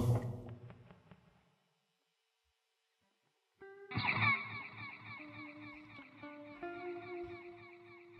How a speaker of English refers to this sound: Nice, Les Paul. That's so cool. Cool little round tones, dude.